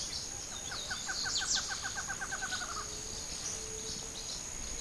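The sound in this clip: Bird giving a quick series of many short, clear notes over about two seconds, amid steady hiss and high-pitched background noise.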